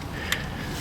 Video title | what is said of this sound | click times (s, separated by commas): Alternator replacement on a 2009 Ford Fiesta | Connector on there, well, we've still got some access on all the way, so we get a click. | 0.3 s